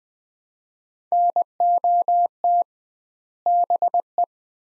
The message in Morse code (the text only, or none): NOT BE